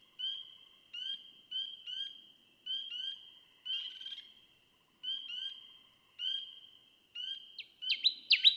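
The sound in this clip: Connecticut warbler singing: clipped whistled notes repeated steadily, ending in a brisk, loud flurry of sharp descending chirps.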